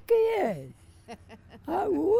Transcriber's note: laughs